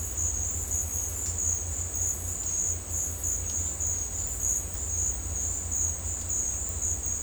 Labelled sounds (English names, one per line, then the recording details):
none
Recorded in dense forest near Puerto Asís, Putumayo, Colombia, on 21 December 2024 at 12:00
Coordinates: 0.466, -76.327
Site G075